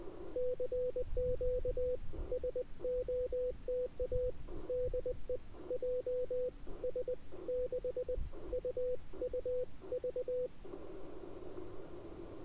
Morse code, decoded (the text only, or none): CQ SOTA DE JS6UUV